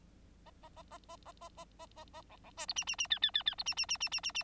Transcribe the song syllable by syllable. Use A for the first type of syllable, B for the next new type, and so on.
A A A A A A A A A A A B B C D E E E F F F F D E E E E E E E